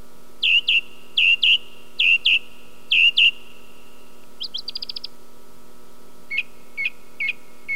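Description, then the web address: Song thrush song with a loud fluty double phrase repeated four times, a quick stuttering trill, then short whistled notes repeated, over a faint constant hum. "sons oiseaux grive musicienne"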